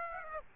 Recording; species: mosquito wingbeat signal from an infrared sensor; Aedes aegypti